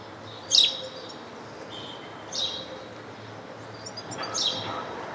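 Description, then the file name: House sparrow uttering three scattered, abrupt chirps over light background noise. "Passer domesticus"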